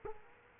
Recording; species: mosquito wingbeat signal from an infrared sensor; Culex quinquefasciatus